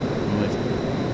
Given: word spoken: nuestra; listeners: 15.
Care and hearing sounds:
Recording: one Spanish word in noise, from a listening test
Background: speech-shaped noise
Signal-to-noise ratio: -5.8 dB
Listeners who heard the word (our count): 1 of 15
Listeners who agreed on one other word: 11 of 15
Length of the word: 0.74 s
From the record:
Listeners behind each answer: 11, 1, 1, 1, 1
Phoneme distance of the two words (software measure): 10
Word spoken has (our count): 2 syllables, 7 phonemes, stress on syllable 1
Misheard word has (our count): 2 syllables, 7 phonemes, stress on syllable 1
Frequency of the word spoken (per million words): 342.95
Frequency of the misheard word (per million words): 369.08

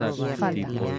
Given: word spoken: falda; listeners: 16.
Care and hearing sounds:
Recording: one Spanish word in noise, from a listening test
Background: four-talker babble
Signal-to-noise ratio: -2.2 dB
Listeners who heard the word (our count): 0 of 16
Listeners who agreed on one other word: 10 of 16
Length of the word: 0.59 s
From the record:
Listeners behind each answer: 10, 1, 1, 1, 1, 1, 1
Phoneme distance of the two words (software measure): 10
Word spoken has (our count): 2 syllables, 5 phonemes, stress on syllable 1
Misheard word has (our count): 2 syllables, 5 phonemes, stress on syllable 1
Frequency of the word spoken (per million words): 13.95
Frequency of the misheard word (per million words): 243.81

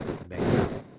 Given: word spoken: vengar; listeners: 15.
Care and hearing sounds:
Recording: one Spanish word in noise, from a listening test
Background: noise modulated by one talker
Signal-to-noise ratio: -11.9 dB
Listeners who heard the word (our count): 4 of 15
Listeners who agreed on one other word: 6 of 15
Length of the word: 0.59 s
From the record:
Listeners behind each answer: 6, 4, 1, 1, 1, 1, 1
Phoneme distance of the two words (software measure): 7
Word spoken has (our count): 2 syllables, 6 phonemes, stress on syllable 2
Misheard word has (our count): 2 syllables, 5 phonemes, stress on syllable 1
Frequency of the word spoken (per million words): 1.92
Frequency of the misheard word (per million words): 27.66

